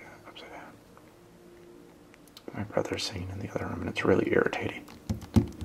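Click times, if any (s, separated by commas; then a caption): 5.4 s. A phone case's small dock connector plug is pushed into the phone's dock port opening while someone talks, with several soft taps as it is worked into place. The plug seats at 5.4 s, ending in a few light taps.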